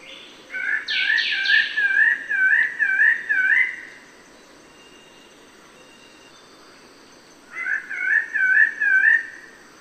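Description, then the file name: Bird-of-paradise calling in a series of loud, wavering, harmonic notes about two per second, opening with a buzzy rising burst, then a pause before a second series. "Canto-do-Pássaro-do-Paraíso"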